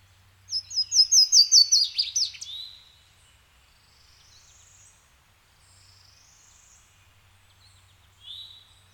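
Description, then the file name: Bird song: a loud burst of rapid, repeated high notes lasting about two seconds, followed by soft twitters and a brief whistled note near the end. Woodland ambience with birds both close and in the distance. "kevin boucher nature woods ambience birds close and in distance"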